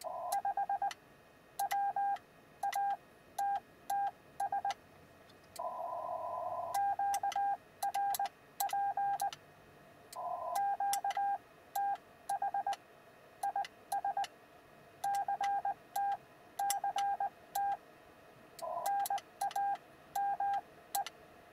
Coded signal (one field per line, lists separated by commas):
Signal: Morse code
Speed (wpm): 20 wpm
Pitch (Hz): 800 Hz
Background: none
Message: 5 WATTS QRP QTH IS CT CT NAME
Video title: Successful QRP Contacts with 5 Watts in the Field